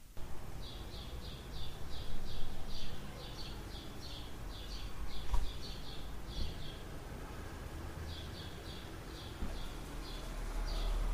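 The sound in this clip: Bird chirping in quick repeated high notes grouped in short bursts, over a strong low rumble of background noise.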